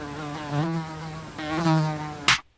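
mosquito buzzing

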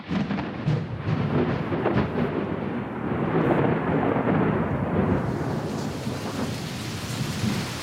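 rain and thunder

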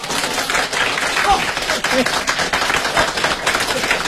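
audience applause

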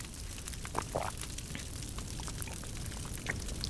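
drinking water

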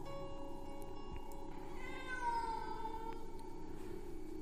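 cat yowling eerily

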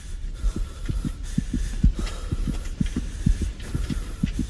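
pounding heartbeat

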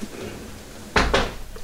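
door being shut

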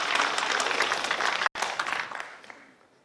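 audience applause

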